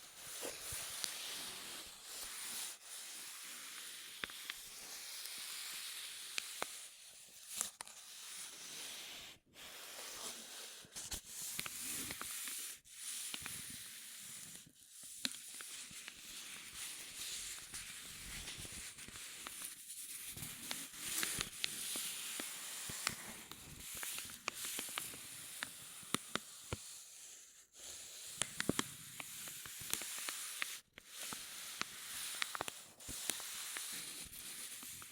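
Continuous rubbing and crinkling with a dry, hissing, bright texture, dense with tiny sharp crackles throughout. Brief pauses break it roughly every few seconds, near 9, 13, 15, 20, 27 and 31 seconds. A faint high steady whine sits underneath.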